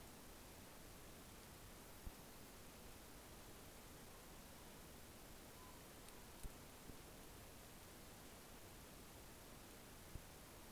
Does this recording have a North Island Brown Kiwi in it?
no